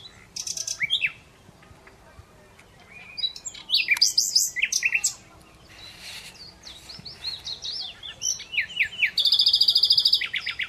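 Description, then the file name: Common Nightingale delivering rich phrases: fast trills, swooping chirps and liquid notes, ending in a long, loud rapid rattle of repeated notes. "Luscinia megarhynchos"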